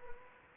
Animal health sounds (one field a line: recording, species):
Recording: mosquito wingbeat signal from an infrared sensor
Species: Anopheles gambiae